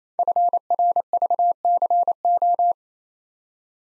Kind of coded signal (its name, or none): Morse code